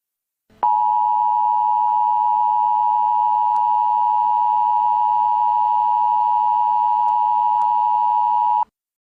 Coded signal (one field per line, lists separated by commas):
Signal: Emergency Alert System (SAME) tones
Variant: 853 and 960 Hz attention tone